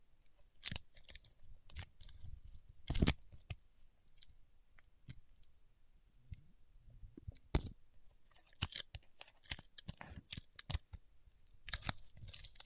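Paraffin wax is peeled, tapped and scratched in a run of sharp, crackly snaps, with the strongest clicks near 1, 3 and 7.5 seconds. Between them come quieter irregular crunches and rustles, clustering more densely from about 8 seconds to the end.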